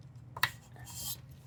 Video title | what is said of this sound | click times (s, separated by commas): Building a 1440p Gaming PC for under $1000 in 2026 | tab to connect to. They'll both just pop in. So, you hear them click, you're good. | 0.4 s